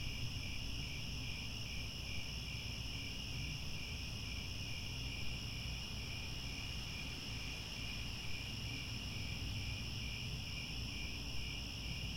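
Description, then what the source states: Crickets trilling together, a steady wall of high pulsed chirps holding constant from start to finish, with low rumbling noise underneath. Chorus of crickets at twilight, as the sun sets and stars appear.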